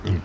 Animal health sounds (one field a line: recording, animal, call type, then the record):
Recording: contact call of a hoofed animal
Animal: wild boar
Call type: grunt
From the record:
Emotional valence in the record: positive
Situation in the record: food anticipation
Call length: 0.25 s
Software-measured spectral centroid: 1710 Hz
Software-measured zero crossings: 790 a second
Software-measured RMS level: -24 dBFS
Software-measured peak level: -13 dBFS